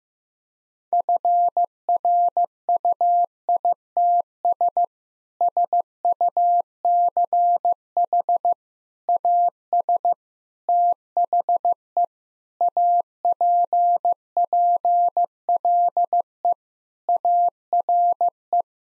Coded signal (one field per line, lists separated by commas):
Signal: Morse code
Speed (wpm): 15 wpm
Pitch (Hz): 700 Hz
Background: none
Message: FRUITS SUCH AS THE APPLE ARE